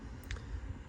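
An aluminium CNC rotary hop-up unit is pushed into an airsoft rifle's receiver over a low steady rumble. A short sharp hit at 0.3 s marks the unit seating, followed by a fainter tap at 0.4 s.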